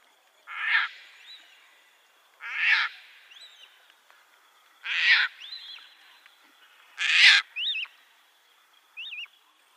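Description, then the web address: Caspian tern giving harsh, rasping croaks, four loud calls about two seconds apart, with thin high whistles and chirps of other birds between them. "Schulze Peter Caspian Tern"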